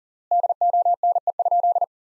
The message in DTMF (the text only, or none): none